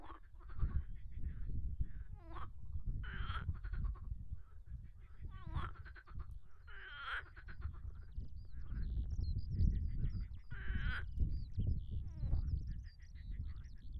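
Marsh frogs calling: bursts of chuckling, pulsed croaks at an uneven pace, over a deep background rumble, with scattered high twittering.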